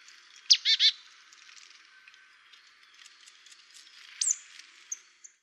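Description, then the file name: Marsh tit calls: a quick burst of three buzzy, harsh notes, then a lone high downslurred note a few seconds later, with faint background chirps. "Poecile palustris"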